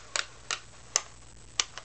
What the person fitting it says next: You want to hear four clicks.